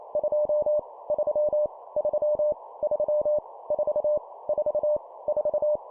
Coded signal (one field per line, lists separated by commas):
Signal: Morse code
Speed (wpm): 28 wpm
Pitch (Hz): 600 Hz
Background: none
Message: 2 3 3 3 4 4 4